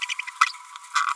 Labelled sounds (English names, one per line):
Green-rumped Parrotlet babbling